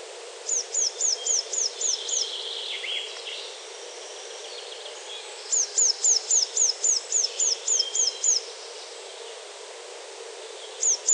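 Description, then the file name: Eurasian blue tit delivering repeated series of sharp, high, falling notes in quick succession, separated by pauses with quieter chirping. "Cyanistes caeruleus"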